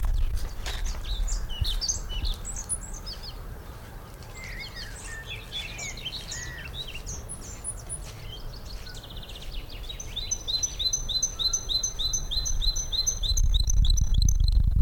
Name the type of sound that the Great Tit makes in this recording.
call